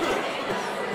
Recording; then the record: coughing mixed with background sound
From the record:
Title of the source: Mid-morning Winter Coughing Fit